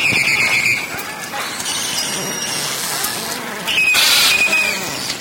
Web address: valaat beluga